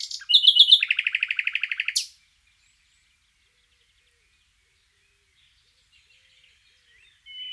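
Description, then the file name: Common nightingale song: brief high notes leading into a rapid, rattling trill of repeated notes lasting under two seconds, then silence until a faint note near the end. "Luscinia megarhynchos"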